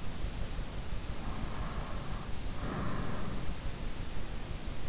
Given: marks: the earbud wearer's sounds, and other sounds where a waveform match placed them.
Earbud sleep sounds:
sounds in sleep by an in-ear microphone; breath
1.08-3.74 s: breath

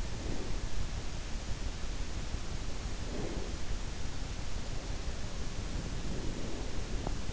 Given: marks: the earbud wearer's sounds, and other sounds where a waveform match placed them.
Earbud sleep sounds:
sounds in sleep by an in-ear microphone; breath
0.06-1.19 s: breath
2.66-3.93 s: breath
5.62-7.33 s: breath

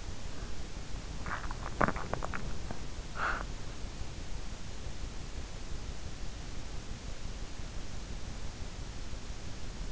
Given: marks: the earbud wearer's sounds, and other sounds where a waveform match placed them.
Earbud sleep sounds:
sounds in sleep by an in-ear microphone; breath, swallowing
0.00-0.76 s: breath
1.00-2.79 s: swallowing
3.04-3.82 s: breath

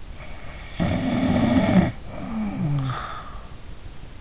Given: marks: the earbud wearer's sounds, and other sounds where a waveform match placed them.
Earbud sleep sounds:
sounds in sleep by an in-ear microphone; snoring breath
0.15-3.48 s: snoring breath

